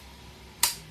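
On a knitting machine carriage under bench test, a setting dial is turned until it seats in its detent with a single sharp, bright click at 0.6 s, then fades out within about two tenths of a second against a quiet background. The dial clicks firmly into position and stays there.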